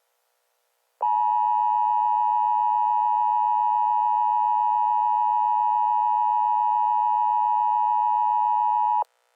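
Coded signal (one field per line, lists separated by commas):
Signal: Emergency Alert System (SAME) tones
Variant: 853 and 960 Hz attention tone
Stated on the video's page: Fake nuclear attack EAS alert made by the uploader as a prank.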